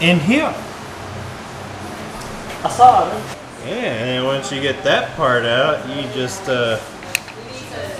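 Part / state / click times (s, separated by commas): gauge pod mount into car center console ashtray opening / seated / 7.2 s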